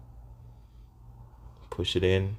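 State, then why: Not seated. A metal brake pad clip is held and lined up at the caliper bracket during a front brake job on a 2015 Chevy Sonic, after being turned the other way because it didn't fit the first time. A low, quiet background hum runs for about 1.7 seconds before someone talks. The clip is not pushed home yet, and nothing has clicked or seated.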